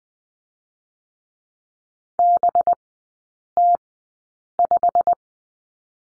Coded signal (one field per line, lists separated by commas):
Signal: Morse code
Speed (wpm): 20 wpm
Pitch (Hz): 700 Hz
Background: none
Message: BT5